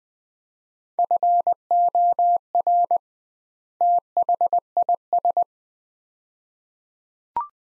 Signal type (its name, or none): Morse code